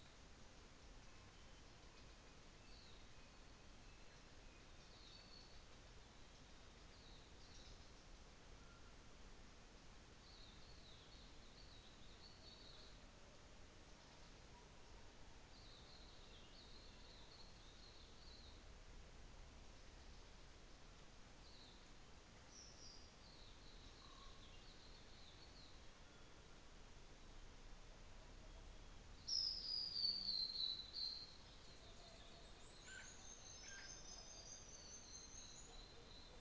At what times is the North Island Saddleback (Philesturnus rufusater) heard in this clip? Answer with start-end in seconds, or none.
none